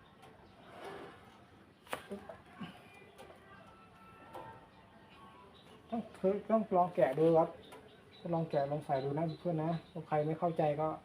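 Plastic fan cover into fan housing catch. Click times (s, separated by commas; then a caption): 1.9 s. A plastic side cover of an electric fan, being refitted after cleaning, is bent and pressed into the fan housing so its inner catch locks first. A sharp click is heard at 1.9 s as the catch locks in, followed by a few softer knocks, and then someone talks. The cover is seated.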